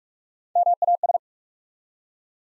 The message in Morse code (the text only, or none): MAS